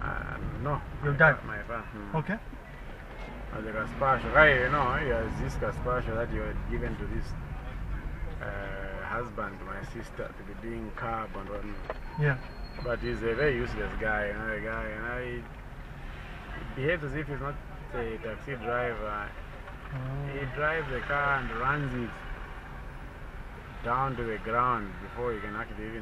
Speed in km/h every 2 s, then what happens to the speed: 13, 4, 11, 13, 8, 4, 6, 8, 7, 7, 7, 7, 7.
6-10 slows to 4. 10-26 steady at about 7.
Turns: none.